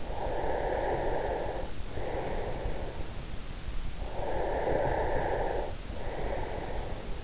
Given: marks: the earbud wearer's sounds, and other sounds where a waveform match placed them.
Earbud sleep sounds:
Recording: sounds in sleep by an in-ear microphone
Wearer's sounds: breath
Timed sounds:
0.10-3.13 s: breath
4.10-7.24 s: breath

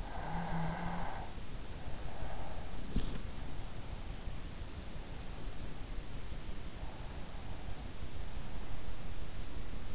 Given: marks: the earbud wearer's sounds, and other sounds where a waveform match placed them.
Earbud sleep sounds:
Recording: sounds in sleep by an in-ear microphone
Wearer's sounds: snoring breath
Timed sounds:
0.00-2.80 s: snoring breath

